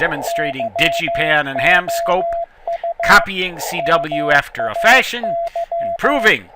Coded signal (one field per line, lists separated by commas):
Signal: Morse code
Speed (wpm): 15 wpm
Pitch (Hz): 680 Hz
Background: speech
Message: YOU MAY